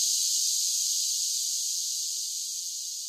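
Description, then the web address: Massed cicadas give a constant sizzling buzz that fades slightly over the few seconds. Large groups of cicadas singing together. "Blastwave INSECTS Cicadas Sing"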